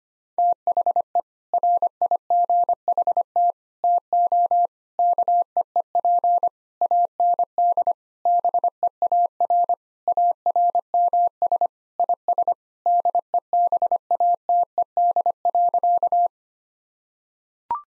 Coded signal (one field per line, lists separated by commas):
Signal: Morse code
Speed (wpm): 25 wpm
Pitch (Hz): 700 Hz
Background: none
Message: THE RIGHT TO KEEP AND BEAR ARMS IS DEBATED.